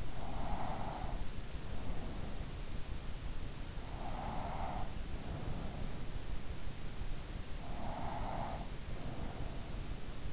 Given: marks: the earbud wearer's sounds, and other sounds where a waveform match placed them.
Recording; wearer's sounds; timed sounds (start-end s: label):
sounds in sleep by an in-ear microphone; breath
0.00-2.63 s: breath
3.53-6.23 s: breath
7.48-10.33 s: breath